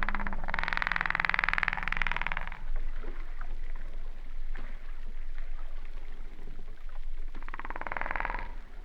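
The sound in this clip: Humpback whale sounds: two bursts of coarse, rapidly pulsed buzzing separated by a stretch of low rumbling background.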